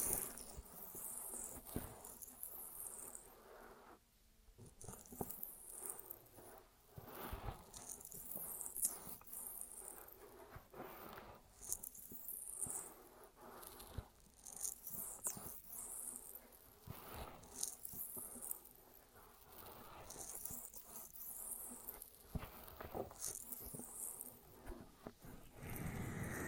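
Ear massage triggers: soft, hissy rubbing and brushing sounds that swell and fade every second or two, with crisp scratchy bursts in the high range. Small taps and crackles are scattered throughout, and a faint low hum sits underneath.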